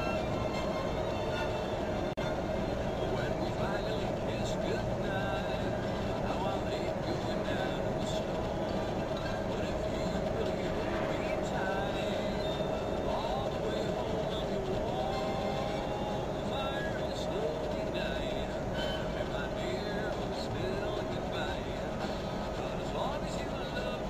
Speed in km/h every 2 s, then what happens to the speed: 48, 42, 46, 45, 44, 41, 45, 46, 46, 45, 44, 40.
0-24 steady at about 45.